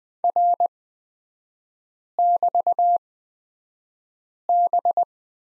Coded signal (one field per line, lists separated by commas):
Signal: Morse code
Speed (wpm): 20 wpm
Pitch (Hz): 700 Hz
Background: none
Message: R<BT>B